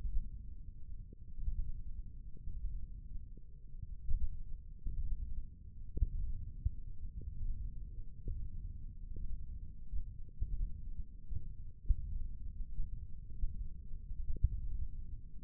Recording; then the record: forearm muscle sounds (acoustic myography)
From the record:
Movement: index flexion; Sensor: system 1, eight BSWA MPA416 microphones around the upper forearm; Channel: 1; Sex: male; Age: 20 years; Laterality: left